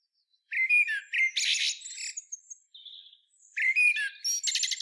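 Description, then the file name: Common blackbird song: two short phrases of mellow, whistled notes followed by thin, scratchy high twitters, with a soft, quiet note between them. "Turdus merula"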